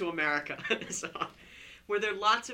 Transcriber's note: he laughs